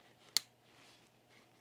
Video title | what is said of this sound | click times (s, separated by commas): Turning a Parts Machine into a Runner! Honda Rincon 650 | That's what you always want to hear. Nice click. | 0.4 s